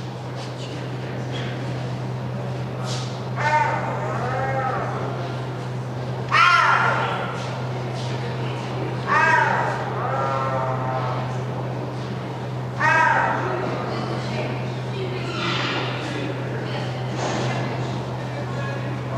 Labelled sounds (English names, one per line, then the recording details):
Clouded Leopard
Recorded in captivity
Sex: female
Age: adult
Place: Tierpark Berlin, Berlin, DE
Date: 1982-12-24 11:00
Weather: bedeckt, -2°C
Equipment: Nagra SN, Sennheiser MKH 416 T, Kopie Uher 4200
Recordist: Tembrock, Günter